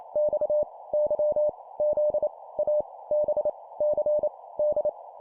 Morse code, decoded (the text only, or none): X Y Z A B C D